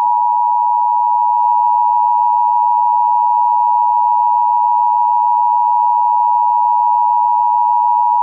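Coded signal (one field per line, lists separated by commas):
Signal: Emergency Alert System (SAME) tones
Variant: 853 and 960 Hz attention tone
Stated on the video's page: Fictional EAS scenario.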